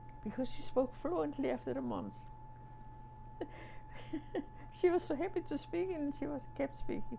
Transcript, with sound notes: Because she spoke fluently after a month! (laughs) She was so happy to speak, and she was kept speaking!